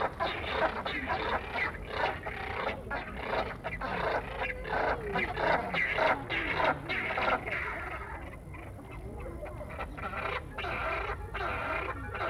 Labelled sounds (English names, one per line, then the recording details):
Southern Rockhopper Penguin call
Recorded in captivity
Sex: pair
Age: adult
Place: Tierpark Carl Hagenbeck, Hamburg, DE
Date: 1961-08-25 15:00
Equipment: Minifon, Kopie Smaragd
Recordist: Tembrock, Günter